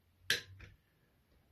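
A pick lifts the bound front lever of a 5-lever mortice deadlock into its gate, producing a sharp click at 0.3 s followed by a softer burst of sound. The lever is seated in its gate.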